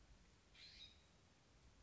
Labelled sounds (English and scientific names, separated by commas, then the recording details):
California Scrub-Jay (Aphelocoma californica)
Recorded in Sonoma County, California